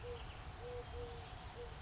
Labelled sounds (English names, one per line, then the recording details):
Eurasian Collared Dove
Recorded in Sonoma County, California